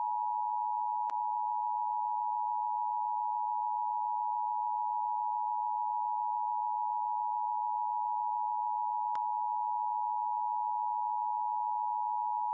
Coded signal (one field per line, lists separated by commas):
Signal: Emergency Alert System (SAME) tones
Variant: 853 and 960 Hz attention tone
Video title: EAS Scenario Yoopa's Shutdown